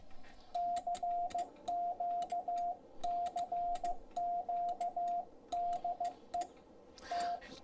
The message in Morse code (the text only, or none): CQ CQ DE T